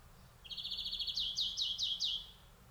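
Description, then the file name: European greenfinch calling: a fast, high twittering trill that swells into a run of louder, chirping notes lasting about two seconds. "Chloris chloris"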